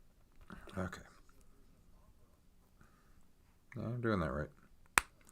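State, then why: Seated. Someone talks while pressing a plastic part of a Wing Gundam XXXG-01W model kit into its mating part after it first wouldn't go into place. A sharp, loud snap rings out at 5.0 seconds as the part seats.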